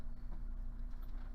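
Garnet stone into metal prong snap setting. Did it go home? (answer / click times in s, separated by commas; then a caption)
no / none. A small metal six-prong snap setting is inverted over a garnet stone on a flat surface and being pressed down so the prongs will snap around the stone. Only a steady low-frequency hum and faint handling noise are heard, with no distinct click. Nothing has snapped or seated yet.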